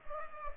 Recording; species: mosquito wingbeat signal from an infrared sensor; Culex pipiens